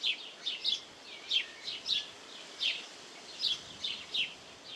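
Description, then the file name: House sparrow chirps, short harsh notes near the upper-middle pitch, given in loose irregular bursts of one to three over a steady background hiss. "Passer domesticus"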